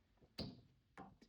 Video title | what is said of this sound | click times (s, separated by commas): Surging or hesitating small engine repair. | kind of snapped in place. | 0.4 s